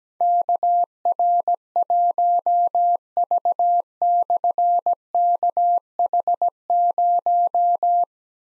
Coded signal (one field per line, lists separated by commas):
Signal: Morse code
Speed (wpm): 17 wpm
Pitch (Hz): 700 Hz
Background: none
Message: KR1V/KH0